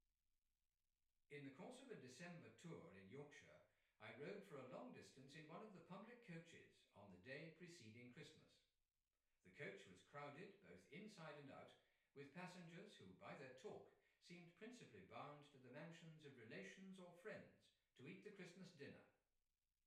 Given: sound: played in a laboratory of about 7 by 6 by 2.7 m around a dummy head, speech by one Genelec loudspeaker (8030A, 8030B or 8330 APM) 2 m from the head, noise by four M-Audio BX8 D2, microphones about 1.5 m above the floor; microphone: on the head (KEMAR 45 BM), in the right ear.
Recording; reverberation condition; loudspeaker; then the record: male speech in English; medium; 150 degrees to the left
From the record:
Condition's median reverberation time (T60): about 510 ms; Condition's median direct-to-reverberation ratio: about -0.5 dB